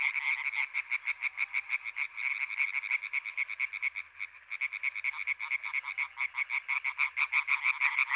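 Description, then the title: European tree frogs croaking in a thick, fast chorus of repeated raspy pulses, briefly thinning midway before building again. Recorded 21 May 1993 at the Marguilliers pond in Sologne, France, an hour after nightfall, during intense calling activity of many tree frogs. "Choeur de rainettes en Sologne"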